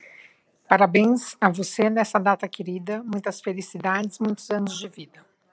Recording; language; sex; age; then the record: short text; Brazilian Portuguese; female; 40 to 49 years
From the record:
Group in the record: control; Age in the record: 49 years